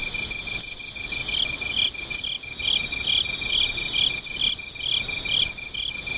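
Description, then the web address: Insect song: a high shrill drone layered with a rapid pulsing trill and groups of chirps that come and go, plus faint high squeaks. "cats nishikawa 201110 mushinokoi"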